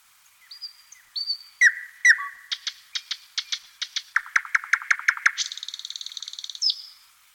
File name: Solovej obyknovennyj Luscinia luscinia - Penie